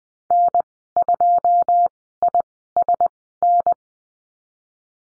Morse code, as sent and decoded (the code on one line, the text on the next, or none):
-. ..--- .. ... -.
N2ISN